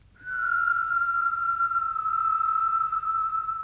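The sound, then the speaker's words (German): A person whistles one long, sustained note that holds steady and slowly slides slightly lower in pitch, clear and fairly loud with no talking. “Gerade noch aufs Gymnasium, ein Gedicht lernen, ein Lied, pfeifen.”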